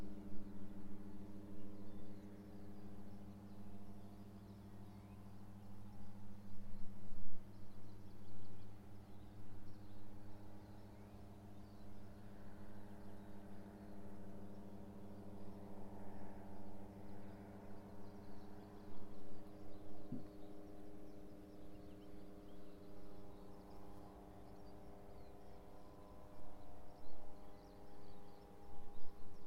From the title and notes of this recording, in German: Flugzeuge und Kinder. Drei Kinder etwa ein Haus entfernt. Ein motorisierter Drachenflieger und ein Flugzeug.